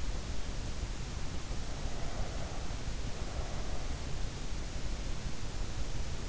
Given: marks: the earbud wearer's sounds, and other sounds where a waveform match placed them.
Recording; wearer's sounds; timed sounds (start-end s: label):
sounds in sleep by an in-ear microphone; breath
1.31-4.37 s: breath